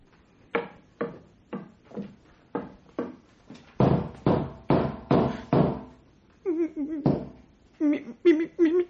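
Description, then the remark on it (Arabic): A series of sharp knocks on a door rap in an uneven rhythm, several quick hits followed by heavier, louder pounding, with a raised voice calling out between the blows for a woman to open the door. “مين؟ افتحي الباب يا امراه.”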